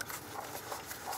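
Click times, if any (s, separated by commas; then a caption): none. A rubber air intake duct is handled and worked over the throttle body of a 2003-09 Toyota 4Runner, with soft rubbing, shuffling handling noise and a couple of light taps near the start. The clip ends before the duct goes home, so nothing has seated yet.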